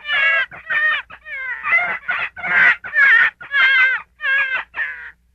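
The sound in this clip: Gray fox giving a chain of nasal, harmonic yelps, rising and falling slightly, spaced under a second apart.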